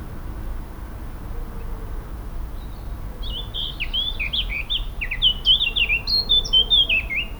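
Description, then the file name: Eurasian blackcap song, a fast, varied warble of twisting high notes that starts after three seconds and grows louder toward the end, over steady low background noise. "Sylvia atricapilla"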